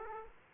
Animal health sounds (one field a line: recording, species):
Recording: mosquito wingbeat signal from an infrared sensor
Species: Aedes aegypti